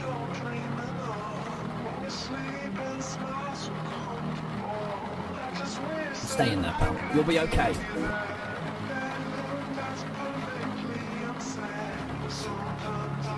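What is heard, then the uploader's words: Inside a car in the rain, a steady low rumble and murmuring voices run throughout, with a louder cluster of sharp noises around seven seconds. You are in a car, in the rain.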